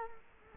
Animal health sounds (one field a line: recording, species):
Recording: mosquito wingbeat signal from an infrared sensor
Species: Culex quinquefasciatus